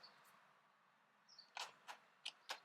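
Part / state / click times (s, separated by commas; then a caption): start/stop button cover into the dashboard switch housing / not seated / none. A new plastic cover for the push-to-start button is handled at the dashboard switch housing, ready to be pressed in. Faint high-pitched chirps sit over low background noise, followed by short sharp taps near 1.6, 1.9, 2.3 and 2.5 seconds. Nothing has seated or clicked in yet.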